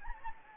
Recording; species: mosquito wingbeat signal from an infrared sensor; Anopheles gambiae